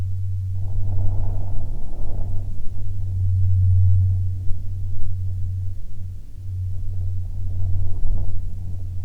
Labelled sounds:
jet, wind
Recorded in the Prudhoe Bay oil fields, Alaska, on 7 August 2019 at 14:20
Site 17

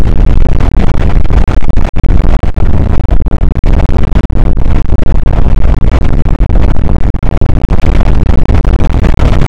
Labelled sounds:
wind
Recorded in the Prudhoe Bay oil fields, Alaska, on 8 May 2019 at 00:00
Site 24

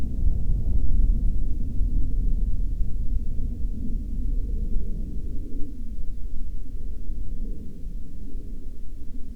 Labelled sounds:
wind, aircraft
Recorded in the Prudhoe Bay oil fields, Alaska, on 31 July 2019 at 12:53
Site 13

